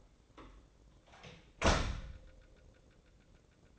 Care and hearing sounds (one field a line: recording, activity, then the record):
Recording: daily activity, microphone in the room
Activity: close door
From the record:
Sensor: 3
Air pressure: 1012.3 hPa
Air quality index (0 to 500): 179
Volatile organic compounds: 3 ppm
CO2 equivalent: 1371 ppm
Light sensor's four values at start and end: 655/1633/677/703 and 658/1640/680/706